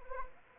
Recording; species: mosquito wingbeat signal from an infrared sensor; Anopheles arabiensis